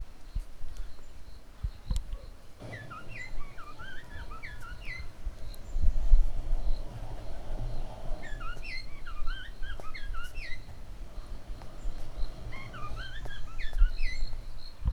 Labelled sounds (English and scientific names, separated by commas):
African Hill Babbler (Sylvia abyssinica)